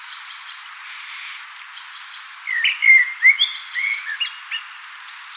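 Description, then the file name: Common blackbird song: faint high notes, then louder fluty phrases and a run of thin, squeaky twittering notes. "Turdus merula"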